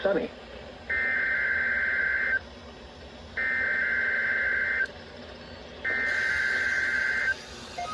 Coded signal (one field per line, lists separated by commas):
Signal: Emergency Alert System (SAME) tones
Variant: header bursts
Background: speech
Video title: (EAS #112) KMKX Required Weekly Test